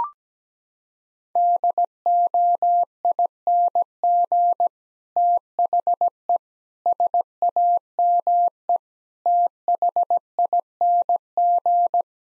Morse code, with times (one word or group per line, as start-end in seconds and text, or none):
1.4-4.7 DOING
5.2-6.4 THE
6.9-8.8 SAME
9.3-12.0 THING